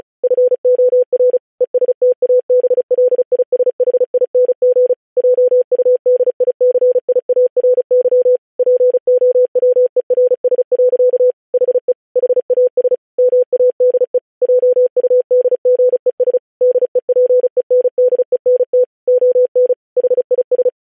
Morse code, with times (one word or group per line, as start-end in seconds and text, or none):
0.2-1.4 FOR
1.6-4.9 ESTABLISHING
5.2-8.4 JUDICIARY
8.6-11.3 POWERS.
11.5-11.9 HE
12.2-12.9 HAS
13.2-14.2 MADE
14.4-16.4 JUDGES
16.6-18.8 DEPENDENT
19.1-19.7 ON
20.0-20.7 HIS